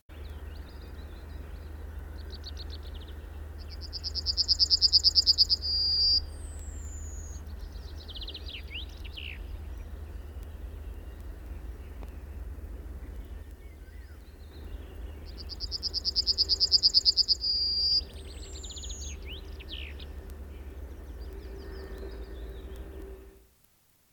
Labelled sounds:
Yellowhammer song
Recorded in the wild
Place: Schmale Heide, Insel Rügen, Mecklenburg-Vorpommern, DE
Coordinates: 54.45, 13.56
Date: 1969-05-18
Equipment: Nagra III BH, Sennheiser MD 21, parabola
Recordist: Schubert, Michael
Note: Gesang Goldammer

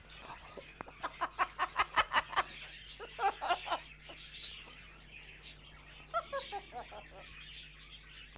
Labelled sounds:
Blue-and-yellow Macaw call
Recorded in captivity
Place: Tierpark Pymont, Niedersachsen, DE
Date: 1975-12-31
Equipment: Halbspur, 9,5 cm/s
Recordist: Lütgens, Hans
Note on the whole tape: Rufe

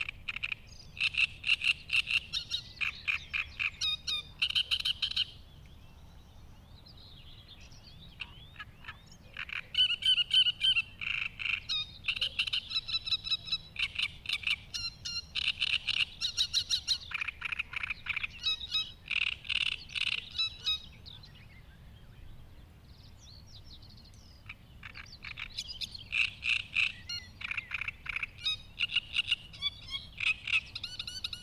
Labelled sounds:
Great Reed Warbler song
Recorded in the wild
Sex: male
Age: adult
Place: Hobrechtsfelder Rieselfelder, Naturpark Barnim, Berlin, DE
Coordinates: 52.6683, 13.4678
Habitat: pond
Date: 2008-05-03
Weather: fair, ca. 15°C, weak south-westerly winds
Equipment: Sound Devices 702, Sennheiser MKH 70, Windkorb
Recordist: Frommolt, Karl-Heinz

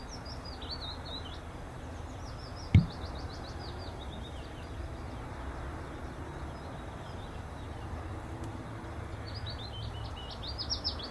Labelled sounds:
Willow Warbler song
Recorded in captivity
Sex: pair
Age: adult
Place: Volierenanlage, Zoologisches Institut Universität Tübingen, Baden-Württemberg, DE
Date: 1967-04-22
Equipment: Nagra III PH, MD 421, LGS26
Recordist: Schneider, Hans-Joachim

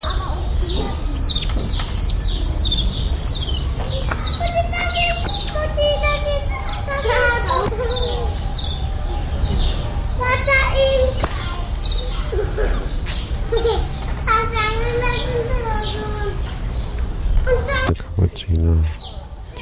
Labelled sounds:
Weeper Capuchin call
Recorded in captivity
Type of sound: call, call sequence
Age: adult
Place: Zoo Berlin, Berlin, DE
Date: 1994-05-07 10:04
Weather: heiter, 12-18°C
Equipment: Marantz CP 430, Sennheiser ME 80, Kopie Uher Variocord 263
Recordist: Tembrock, Günter
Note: Lautfolgen (Triller) beim Aufreiten

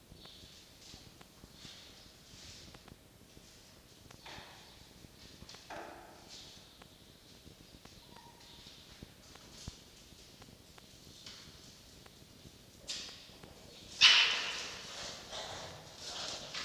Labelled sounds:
Red Fox
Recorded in captivity
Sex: female
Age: juvenile
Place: Zoologisches Institut der HUB, Berlin, DE
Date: 1953-05-31 13:50
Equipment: Elmetra
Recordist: Tembrock, Günter
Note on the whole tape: Fanny: Bellen (dann nimmt sie sich das Kücken von Molly / Molly holt sich das Kücken wieder); Fanny: nochmals Bellen (holt sich das Kücken zum zweiten mal); Molly: Stoßlaute und Knurren (holt sich ihr Futter wieder)

